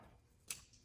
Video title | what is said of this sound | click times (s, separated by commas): LED Headlight Install. Installing Auxito LED Headlights on Jeep Wrangler | Nope, it doesn't lock in either. | none